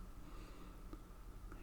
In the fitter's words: Heard a nice click there.